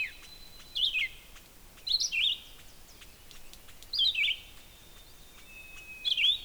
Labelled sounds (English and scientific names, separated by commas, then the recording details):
Red-eyed Vireo (Vireo olivaceus) song
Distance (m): 10 m
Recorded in boreal forest in Alberta, Canada, on 6 June 2016 at 05:52
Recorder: SongMeter 3, array SBT-3-51
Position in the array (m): 80 m, 129 m